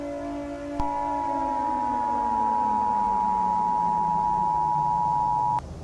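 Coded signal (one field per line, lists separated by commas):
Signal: Emergency Alert System (SAME) tones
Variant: 853 and 960 Hz attention tone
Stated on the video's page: Simulated EAS scenario about a nuclear war.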